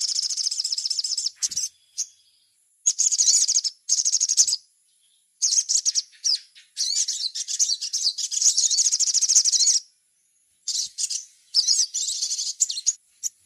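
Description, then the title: Little spiderhunter singing shrill, rapid trill phrases of varying length, with a long run in the middle and shorter bursts near the end, separated by brief silences. Masteran (training recording). "Masteran Burung Sogok Ontong Labaik"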